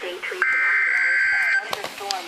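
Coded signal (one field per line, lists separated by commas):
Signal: Emergency Alert System (SAME) tones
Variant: header bursts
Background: speech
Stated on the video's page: NOAA Weather Radio EAS tornado and severe thunderstorm warnings.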